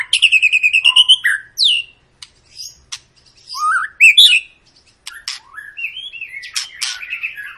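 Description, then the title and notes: White-rumped shama song beginning with a fast rattling trill, followed by scattered clicks, swooping whistles and warbled phrases. Long lure song played to make other birds sing. "Pancingan Murai Batu Gacor Panjang. muraiku"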